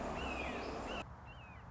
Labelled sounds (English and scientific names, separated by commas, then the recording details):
Red-shouldered Hawk (Buteo lineatus)
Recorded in Sonoma County, California